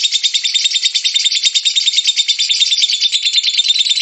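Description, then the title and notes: Lovebird giving a fast, harsh, continuous chatter of squeaky notes, evenly pulsing and loud. Long ngekek song of a lovebird, used as a bait song (kicau pancingan) to prompt other lovebirds to sing. "suara Master Kicau Lovebird ngekek, kicau pancingan"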